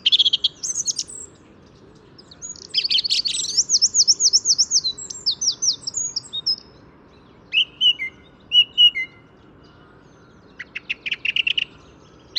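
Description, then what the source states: Song Thrush song with rapid repeated notes, a fast undulating trill, then shorter whistled phrases and a burst of sharp clicks, set against soft low background noise. Resuming its song in spring just after landing on a branch in front of the recordist.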